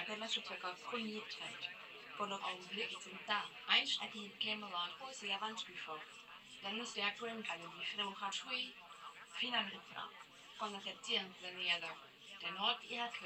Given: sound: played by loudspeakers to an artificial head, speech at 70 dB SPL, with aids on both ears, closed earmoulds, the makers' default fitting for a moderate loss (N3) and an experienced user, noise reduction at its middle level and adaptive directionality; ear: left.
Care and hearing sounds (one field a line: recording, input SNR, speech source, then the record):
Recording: speech test signal (ISTS) in cocktail-party noise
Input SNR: +9 dB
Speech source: on the right (90 degrees)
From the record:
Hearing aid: class 1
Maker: I